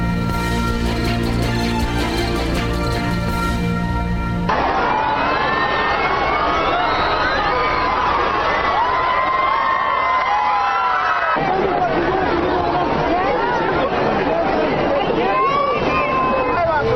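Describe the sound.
A huge crowd at an open-air mass with Pope Francis in Ecuador cheers in a loud, continuous roar of voices with scattered shouts and whistles, following a few seconds of sustained, tonal sound at the start.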